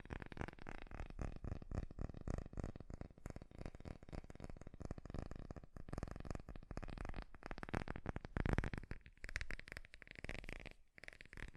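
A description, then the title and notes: Fast, dense tapping runs continuously for the whole stretch, rapid irregular taps with a steady faint tone underneath and a brief pause near eleven seconds. ASMR 3D Fast Tapping.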